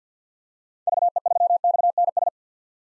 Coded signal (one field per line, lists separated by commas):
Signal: Morse code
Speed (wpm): 50 wpm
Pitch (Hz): 700 Hz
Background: none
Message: VE3XNS